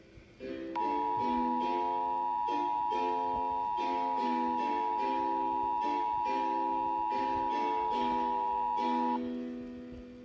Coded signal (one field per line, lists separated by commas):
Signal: Emergency Alert System (SAME) tones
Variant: 853 and 960 Hz attention tone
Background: music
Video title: EAS #291 Severe Thunderstorm Warning